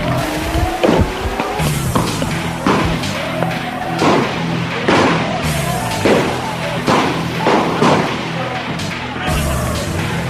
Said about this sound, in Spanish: La policía ha reprimido, ha dispersado. Siguen cayendo piedras, escuchen los disparos.